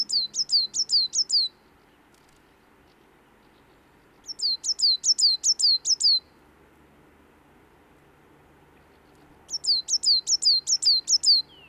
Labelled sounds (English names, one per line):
Coal Tit song